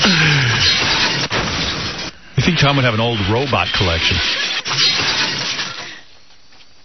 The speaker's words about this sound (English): You're hearing glass smashing.